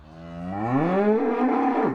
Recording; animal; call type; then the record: contact call of a hoofed animal; cattle; low-frequency (closed-mouth) or high-frequency (open-mouth) call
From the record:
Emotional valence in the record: negative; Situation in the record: full separation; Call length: 1.95 s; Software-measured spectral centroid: 850 Hz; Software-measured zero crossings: 1040 a second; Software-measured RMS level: -23 dBFS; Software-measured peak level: -10 dBFS